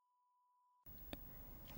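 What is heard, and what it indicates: A faint, steady, mid-pitched whistle near 1 kHz holds for under a second, then gives way to a hiss of noise with a brief click. It is a simulated tinnitus tone, a tinnitus hearing sample for a hearing test, imitating the constant ringing heard by people with tinnitus.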